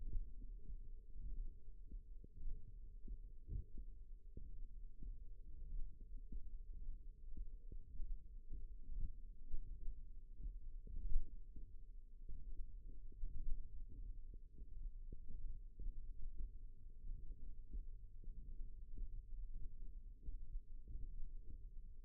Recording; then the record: forearm muscle sounds (acoustic myography)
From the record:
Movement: thumb flexion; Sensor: system 1, eight BSWA MPA416 microphones around the upper forearm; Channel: 8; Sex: female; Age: 21 years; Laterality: right